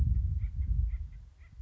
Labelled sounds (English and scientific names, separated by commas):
Acorn Woodpecker (Melanerpes formicivorus)